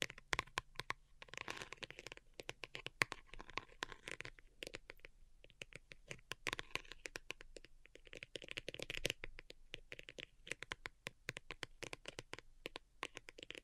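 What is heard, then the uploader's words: Delicate tapping comes in quick, irregular clusters of light, crisp clicks, some dense flurries and some sparser stretches with short pauses near the 1 and 5 second marks. A soft crinkly rustle sits underneath, with a faint low hum throughout. ASMR DELICATE Tapping for Sleep (No Talking).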